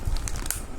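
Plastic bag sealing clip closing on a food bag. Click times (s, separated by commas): 0.5 s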